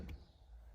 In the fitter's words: Une fois qu'elle est bien affleurante, c'est qu'elle est bien enclenchée, la sécurité est prête et le gaz est prêt à fonctionner dans le véhicule.